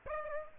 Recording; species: mosquito wingbeat signal from an infrared sensor; Aedes aegypti